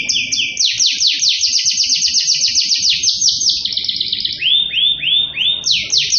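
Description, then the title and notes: Atlantic canary singing loud, clean trills of quick downward-sweeping notes, then slower rising-and-falling rolled phrases and a fresh burst of rapid sweeps at the end. Master canary song (kenari masteran), described as solid (mantap). "Suara Burung Kenari Masteran. master suara burung kenari mantap"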